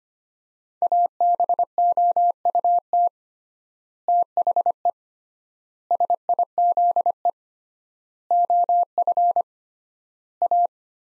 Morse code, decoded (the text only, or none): ABOUT THE SIZE OF A